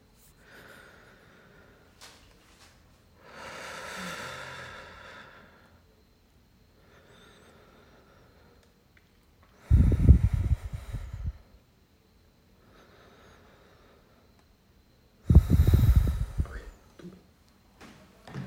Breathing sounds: deep breathing after running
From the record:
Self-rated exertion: light exertion (2 of 6); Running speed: 6 miles an hour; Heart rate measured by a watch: 119 beats a minute at the start, 111 at the end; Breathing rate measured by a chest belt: 15 breaths a minute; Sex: male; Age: 23 years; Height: 172 cm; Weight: 64 kg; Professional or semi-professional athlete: yes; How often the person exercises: 3 to 5 times a week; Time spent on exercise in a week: 2 to 3 hours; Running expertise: no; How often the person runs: 1 to 2 times a week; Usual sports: running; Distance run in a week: 15 km

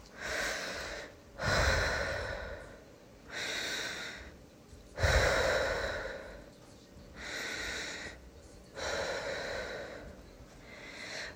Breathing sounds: deep breathing after running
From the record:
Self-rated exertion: moderate exertion (3 of 6); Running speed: 5 miles an hour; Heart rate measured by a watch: 101 beats a minute at the start, 115 at the end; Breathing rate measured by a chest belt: 21 breaths a minute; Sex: female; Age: 18 years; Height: 171 cm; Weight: 75 kg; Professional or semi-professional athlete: no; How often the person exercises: 1 to 2 times a week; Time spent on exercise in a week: under 1 hour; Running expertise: no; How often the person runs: 1 to 2 times a week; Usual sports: running, fencing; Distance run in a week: 3 km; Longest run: 21.3 km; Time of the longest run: 190 minutes

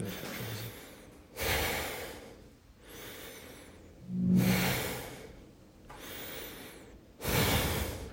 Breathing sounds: deep breathing after running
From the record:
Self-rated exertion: light exertion (2 of 6); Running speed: 7 miles an hour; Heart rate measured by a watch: 119 beats a minute at the start, 116 at the end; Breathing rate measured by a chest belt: 21 breaths a minute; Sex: male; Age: 25 years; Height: 174 cm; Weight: 71 kg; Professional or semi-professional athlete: no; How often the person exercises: 3 to 5 times a week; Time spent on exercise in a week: 2 to 3 hours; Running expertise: no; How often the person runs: 1 to 2 times a week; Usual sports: running, swimming, badminton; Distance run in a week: 8 km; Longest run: 10 km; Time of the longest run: 48 minutes

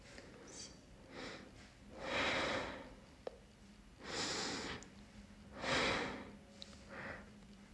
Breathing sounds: deep breathing after running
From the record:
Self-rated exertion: light exertion (2 of 6); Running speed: 5 miles an hour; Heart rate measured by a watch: 108 beats a minute at the start, 105 at the end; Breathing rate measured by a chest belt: 13 breaths a minute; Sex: female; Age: 18 years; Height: 162 cm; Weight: 62 kg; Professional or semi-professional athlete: no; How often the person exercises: 1 to 2 times a week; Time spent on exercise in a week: under 1 hour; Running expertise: no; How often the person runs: under once a week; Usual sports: walking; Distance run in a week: 2 km

